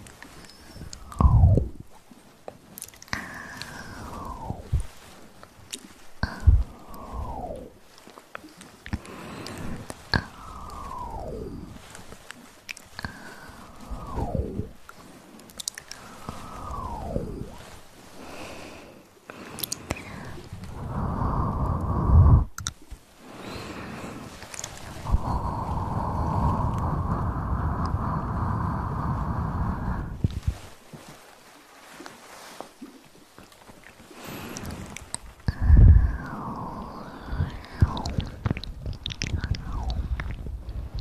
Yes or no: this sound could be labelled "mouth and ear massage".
yes